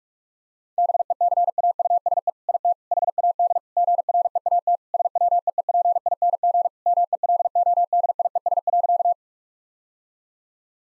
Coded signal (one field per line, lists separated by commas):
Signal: Morse code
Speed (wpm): 46 wpm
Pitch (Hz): 700 Hz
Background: none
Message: BECAUSE IT HAD GREAT SWEEPING MELODIES.